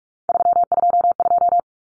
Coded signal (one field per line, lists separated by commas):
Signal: Morse code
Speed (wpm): 44 wpm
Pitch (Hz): 700 Hz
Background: none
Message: 322